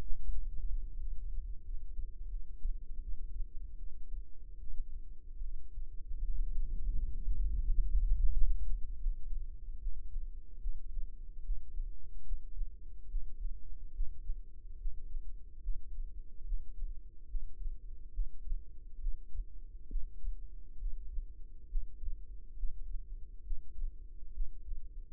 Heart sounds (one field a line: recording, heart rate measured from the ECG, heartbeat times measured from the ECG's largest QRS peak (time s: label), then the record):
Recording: heart sounds by microphone in the right ear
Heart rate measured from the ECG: 75 bpm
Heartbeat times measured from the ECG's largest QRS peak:
0.28 s: heartbeat
0.97 s: heartbeat
1.62 s: heartbeat
2.27 s: heartbeat
2.98 s: heartbeat
3.76 s: heartbeat
4.58 s: heartbeat
5.40 s: heartbeat
6.20 s: heartbeat
6.95 s: heartbeat
7.64 s: heartbeat
8.30 s: heartbeat
8.99 s: heartbeat
9.79 s: heartbeat
10.60 s: heartbeat
11.43 s: heartbeat
12.24 s: heartbeat
13.08 s: heartbeat
13.93 s: heartbeat
14.77 s: heartbeat
15.61 s: heartbeat
16.44 s: heartbeat
17.27 s: heartbeat
18.11 s: heartbeat
18.99 s: heartbeat
19.88 s: heartbeat
20.78 s: heartbeat
21.67 s: heartbeat
22.55 s: heartbeat
23.43 s: heartbeat
24.32 s: heartbeat
From the record:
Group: healthy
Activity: rest 0-8 s, breath hold 8-25 s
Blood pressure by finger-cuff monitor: 140/85 mmHg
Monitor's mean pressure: 102 mmHg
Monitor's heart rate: 72 bpm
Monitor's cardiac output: 6.6 L/min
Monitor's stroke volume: 90 mL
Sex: female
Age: 22 years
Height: 161 cm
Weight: 65.5 kg